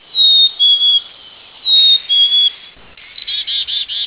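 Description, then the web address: Black-capped chickadee giving a clear whistled two-note phrase twice, the high note followed by a slightly lower one, then a run of several harsh, buzzy notes. "penquis bcchick"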